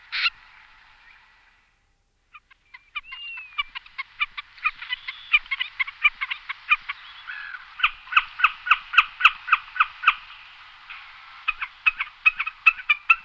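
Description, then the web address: Common snipe calling: one rasping note, then a long run of rapid, dry ticking notes repeated in a steady, rhythmic series that rises in loudness and continues to the end. "jadelmo pajaros Agachadiza comun"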